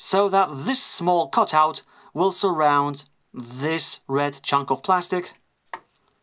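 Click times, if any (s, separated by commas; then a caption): none. Someone talks while the dinosaur head of a plastic Transformers: Power of the Primes Deluxe Dinobot Slug transforming toy is pushed all the way down toward its chest so a small cutout will surround a red chunk of plastic. Short handling ticks are heard near 5.7 s and 6.1 s after the speech. The head has not clicked into place yet; nothing has seated.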